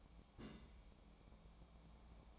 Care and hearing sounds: daily activity, microphone in the room; place on stove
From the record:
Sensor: 1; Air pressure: 1000.0 hPa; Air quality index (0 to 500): 133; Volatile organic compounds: 2 ppm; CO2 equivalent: 1261 ppm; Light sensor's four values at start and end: 42/107/45/56 and 42/107/45/56

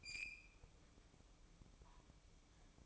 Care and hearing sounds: daily activity, microphone in the room; open fridge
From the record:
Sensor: 1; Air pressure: 1007.9 hPa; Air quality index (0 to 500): 105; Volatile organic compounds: 1 ppm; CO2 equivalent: 891 ppm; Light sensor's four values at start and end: 12/29/12/14 and 12/29/12/14

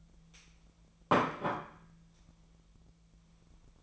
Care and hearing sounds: daily activity, microphone in the room; place plate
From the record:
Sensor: 1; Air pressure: 1009.4 hPa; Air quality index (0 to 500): 196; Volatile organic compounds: 20 ppm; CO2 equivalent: 2677 ppm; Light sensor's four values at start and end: 28/71/29/35 and 27/70/29/35

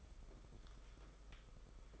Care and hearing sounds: daily activity, microphone in the room; take from stove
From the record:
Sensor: 5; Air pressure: 991.3 hPa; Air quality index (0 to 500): 91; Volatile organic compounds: 11 ppm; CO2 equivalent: 2287 ppm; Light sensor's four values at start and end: 33/105/40/43 and 33/107/41/43

